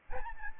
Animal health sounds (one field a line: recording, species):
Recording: mosquito wingbeat signal from an infrared sensor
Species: Aedes albopictus